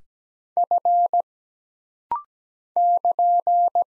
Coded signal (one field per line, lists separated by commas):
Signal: Morse code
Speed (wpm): 17 wpm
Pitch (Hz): 700 Hz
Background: none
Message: F <KN>